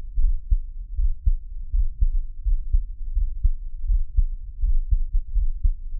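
Steady, muffled low heart thumps at about 81 beats per minute, with soft low hum between beats.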